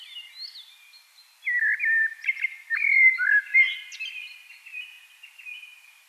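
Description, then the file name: Eurasian blackbird singing: a high squeaky note, then loud mellow fluting phrases with short slurred whistles, fading into soft high twitters. "Turdus merula"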